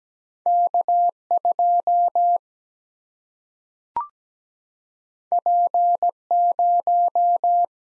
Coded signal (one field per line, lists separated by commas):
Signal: Morse code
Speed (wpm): 17 wpm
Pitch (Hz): 700 Hz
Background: none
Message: K 2 P 0